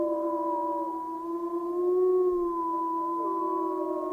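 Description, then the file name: Wolf chorus howl, three or more sustained tones layered together, one low steady voice beneath higher howls that slide and shift pitch. Recorded 11 January 2016. "YELLWolves 20160111"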